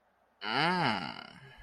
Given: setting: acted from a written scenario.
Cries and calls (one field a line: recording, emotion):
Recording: vocal sound without words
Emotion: desire